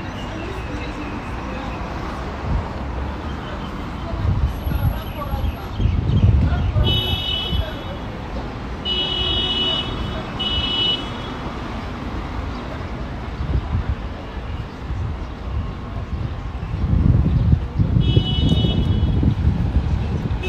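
Walking through Modiin, Israel, with a steady low rumble of passing traffic and a crowd murmur throughout. Chirpy, bright calls, likely birds, come in short bursts around seconds 7 to 11 and again near 18, while heavier vehicle swells build around 6 and 17 seconds.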